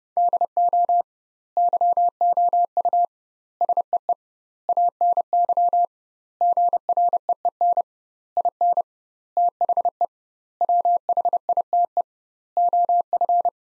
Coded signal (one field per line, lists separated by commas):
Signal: Morse code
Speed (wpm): 30 wpm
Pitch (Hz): 700 Hz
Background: none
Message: DO YOU SEE ANY GREEN IN THE WHITE OF